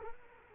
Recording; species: mosquito wingbeat signal from an infrared sensor; Culex quinquefasciatus